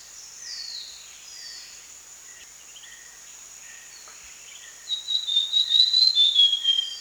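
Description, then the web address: Brown fulvetta song: a bright, wavering series of high whistled notes near the end, over a steady high insect drone. Recorded in Danum Valley, Borneo, on 1 January 2008. "DANUM 20080101. brown fulvetta"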